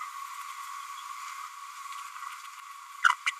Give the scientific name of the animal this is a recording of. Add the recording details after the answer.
Forpus passerinus. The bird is a female. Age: 31 days. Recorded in a nest box in Venezuela. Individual 17B102A6